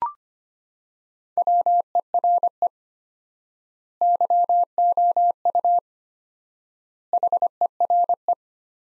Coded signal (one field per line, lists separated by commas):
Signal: Morse code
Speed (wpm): 25 wpm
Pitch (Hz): 700 Hz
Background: none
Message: WERE YOU HERE